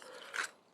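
The plastic leg section of a transforming action figure is slid down so a tab lines up with a notch, then pushed the rest of the way. A soft rasping plastic rub leads into a short, sharp click at 0.4 s, followed by fading quiet. The tab locks into the notch.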